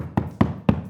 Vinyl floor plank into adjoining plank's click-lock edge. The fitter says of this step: little tap on that and that's literally locked into position it's quick and easy